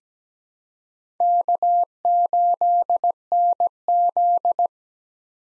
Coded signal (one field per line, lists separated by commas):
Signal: Morse code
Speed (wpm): 17 wpm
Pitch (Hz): 700 Hz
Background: none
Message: K8NZ